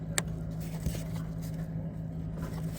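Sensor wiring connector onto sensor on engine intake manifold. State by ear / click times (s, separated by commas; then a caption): seated / 0.2 s. An electrical connector is pushed onto a sensor under the side of the intake manifold on a 2009-2024 Ram Classic 5.7L Hemi during an intake manifold seal job. A sharp click at 0.2 s marks the connector snapping in over a steady low hum, followed by a softer knock near 0.9 s. The connector ends firmly seated and holds when tug-tested.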